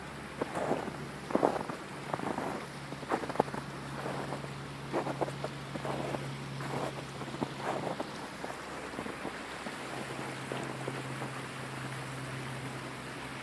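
Boots crunch through snow in a quick, irregular series of steps, busiest over the first eight seconds and thinning after. Beneath them runs a steady, hissing wash of flowing water, with a low hum that drops out briefly near nine seconds.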